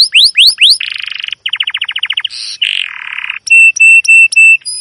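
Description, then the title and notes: Domestic canary song: a few falling chirps, then buzzy rattles and a low rolling trill, ending with repeated flat, piercing whistled notes. Long, emotive chirping canary song used as a lure and master recording for training young canaries to learn the sound. "CUIT CUIT NGEROL LANGSUNG GACOR PANJANG Kenari Ini AMPUH Utk Pancingan KENAR. PANCINGAN Kenari GACOR PANJANG Cuit CUIT EMOSI ini AMPUH utk MASTERAN Kenari PAUD belajar BUNYI. burung kenari"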